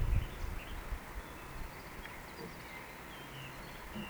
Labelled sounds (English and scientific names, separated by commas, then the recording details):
Eurasian Woodcock (Scolopax rusticola) whistle
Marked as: whistle, whistle
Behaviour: display flight
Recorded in Baden-Württemberg, Germany, on 17 June 2020 at 19:56 UTC
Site 14569, 102 m above sea level